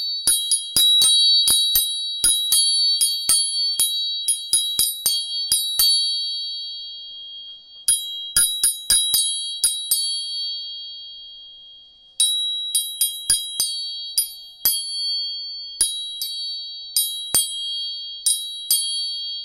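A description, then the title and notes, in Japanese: Three tuning forks are struck in quick, irregular clusters, each tap a sharp metallic click followed by high, ringing tones that hang steadily underneath. The strikes come in bursts with short pauses around seconds six to eight and eleven to twelve, close and bright with no other sounds. 音叉チューニング3本。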